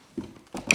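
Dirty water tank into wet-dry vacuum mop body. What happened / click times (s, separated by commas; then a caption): The plastic water tank clicks back onto the vacuum body / 0.7 s. After rinsing, the plastic dirty-water tank with its filter is refitted onto the body of a Dreame Aero Pro wet-dry vacuum mop. Soft plastic bumps and scraping are heard, then a duller knock near 0.6 s. A sharp click at 0.7 s marks the tank latching back into place.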